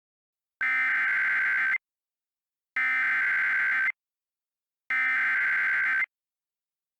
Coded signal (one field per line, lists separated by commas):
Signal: Emergency Alert System (SAME) tones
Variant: header bursts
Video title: Parasitic: An EAS Scenario